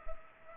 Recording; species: mosquito wingbeat signal from an infrared sensor; Culex pipiens